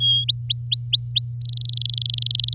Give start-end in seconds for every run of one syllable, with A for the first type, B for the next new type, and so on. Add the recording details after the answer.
0.00-0.24 A, 0.28-1.34 B, 1.41-2.54 C. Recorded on 11 May 2018 at 06:15. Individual llb16